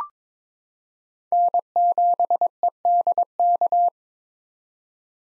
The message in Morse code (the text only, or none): N7EDK